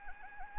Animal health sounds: mosquito wingbeat signal from an infrared sensor; Anopheles gambiae

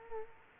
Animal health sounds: mosquito wingbeat signal from an infrared sensor; Culex quinquefasciatus

